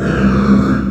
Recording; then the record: squeal of a Yucatan mini pig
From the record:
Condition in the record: after surgery on the right vocal fold (resection and tissue-engineered implant); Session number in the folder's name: 7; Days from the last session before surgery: 47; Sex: female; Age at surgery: 19 weeks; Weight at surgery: 25 kg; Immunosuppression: prednisolone